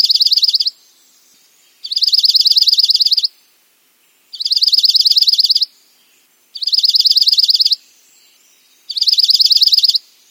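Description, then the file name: Dark-eyed junco gives several rapid, high trills of evenly repeated notes, each about a second long, separated by short pauses. "suara darkeyed junco"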